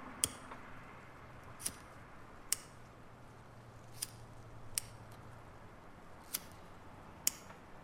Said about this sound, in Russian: Закуривает. Монотонно поджигает зажигалку.